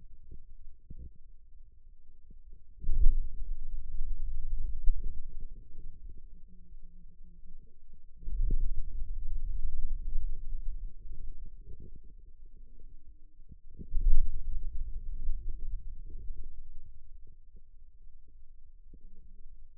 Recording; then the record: forearm muscle sounds (acoustic myography)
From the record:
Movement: hand closing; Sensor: system 2, bracelet of six BSWA MPA416 microphones around the upper forearm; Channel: 6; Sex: male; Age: 22 years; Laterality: right